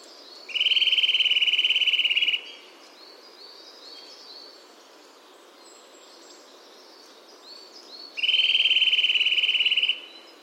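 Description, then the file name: Eurasian nuthatch trilling twice, each a two-second burst of quick, even piping notes, with softer high chirps in the gap. "Sitta europaea"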